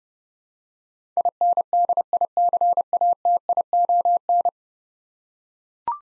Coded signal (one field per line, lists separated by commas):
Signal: Morse code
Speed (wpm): 30 wpm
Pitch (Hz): 700 Hz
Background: none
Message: INDICATION